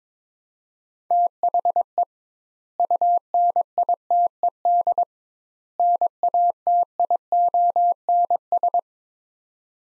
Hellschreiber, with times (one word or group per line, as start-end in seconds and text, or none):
none